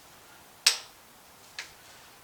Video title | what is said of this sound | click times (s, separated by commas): Installing The Heads - Wild Willys Build Part 21 | you can hear it clicking and | 0.7 s